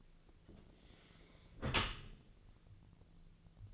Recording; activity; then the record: daily activity, microphone in the room; close dishwasher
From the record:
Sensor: 4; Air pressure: 1001.3 hPa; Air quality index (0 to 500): 180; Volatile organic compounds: 2 ppm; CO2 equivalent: 1287 ppm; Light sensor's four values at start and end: 11/25/10/11 and 12/27/11/11